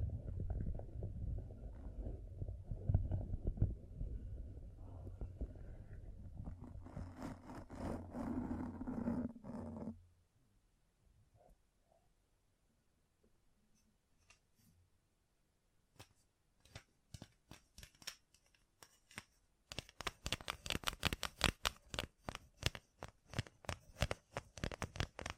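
Gem-covered fingertips scratch in a dense low rumble for ten seconds, then fall quiet before sparse bright taps build into quick, crisp tapping bursts.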